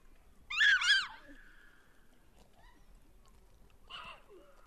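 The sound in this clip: Gelada calls: a loud, harsh scream that rises and falls, then quiet, then a shorter, fainter harsh call near the end.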